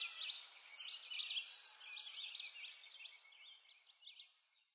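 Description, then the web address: Birds singing in a dense chorus of high, twittering and chirping phrases that overlap, gradually growing quieter toward the end. Birds in a forest. "Lynne Music. Nature Ambience Birds In A Forest"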